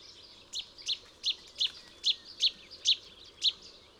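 A bird gives a run of sharp, high chink notes, several in quick succession, over faint background hiss.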